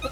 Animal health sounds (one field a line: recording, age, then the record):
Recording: pig call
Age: piglet (1 to 25 days)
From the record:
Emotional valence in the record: positive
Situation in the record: after nursing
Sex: male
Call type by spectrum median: low-frequency call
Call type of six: high-frequency stable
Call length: 0.12 s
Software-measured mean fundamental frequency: 254 Hz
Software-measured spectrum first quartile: 369 Hz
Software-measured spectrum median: 988 Hz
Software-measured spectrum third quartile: 2182 Hz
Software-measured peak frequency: 529 Hz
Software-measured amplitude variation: 160 dB a second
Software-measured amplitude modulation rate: 4.1 a second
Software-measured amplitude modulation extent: 39.1 dB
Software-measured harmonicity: 5.1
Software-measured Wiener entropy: -1.86